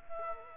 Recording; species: mosquito wingbeat signal from an infrared sensor; Culex quinquefasciatus